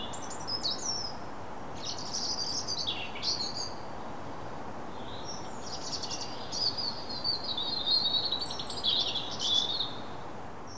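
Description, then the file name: European robin singing high, thin, warbling phrases with brief pauses between them, ending in a rapid trilling run, with a constant low hiss underneath. "Erithacus rubecula"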